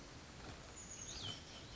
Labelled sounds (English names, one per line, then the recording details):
Chestnut-backed Chickadee
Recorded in Sonoma County, California